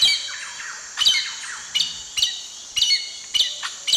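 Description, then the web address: Many-banded aracari calling, abrupt squeaky notes at irregular intervals, with a continuous shrill drone behind. South America, eastern lowlands. "Natures Songs S America Eastern Lowlands. Many-banded Aracari"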